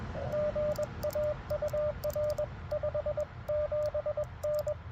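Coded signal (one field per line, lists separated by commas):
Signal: Morse code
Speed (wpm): 21 wpm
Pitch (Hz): 600 Hz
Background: radio noise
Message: GA UR 57N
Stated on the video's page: Portable CW on a QMX during a park activation of a wildlife management area, after trying out antenna ideas.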